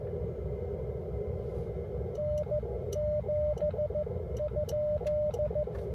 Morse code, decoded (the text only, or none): N7?